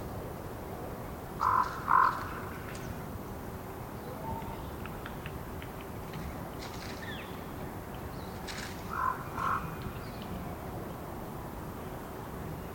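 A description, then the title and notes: Two pairs of loud, hoarse raven croaks ring out near the start and again around the nine-second mark, each a quick double call. Between them a steady low rumble of wind fills the background, with faint scattered ticks and chirps. These are all excerpts from the same 3.5 hour recording on the morning of September 18, starting pre-dawn. It was rutting season in the Colockum Wildlife area. These are raw tracks, down-mixed to stereo (from double-m/s), normalized to -23 LUFS and down-sampled to 48k with no other filtering.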